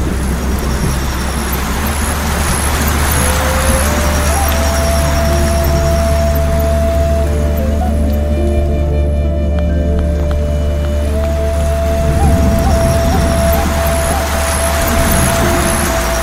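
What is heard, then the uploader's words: A flute enters around three seconds and holds long, slow notes that shift in small steps through the rest of the clip. Underneath runs a steady, dense hiss like flowing water, with a constant low rumble throughout. A serene soundscape featuring the tranquil melody of raindrops and the rising and falling sounds of a waterfall.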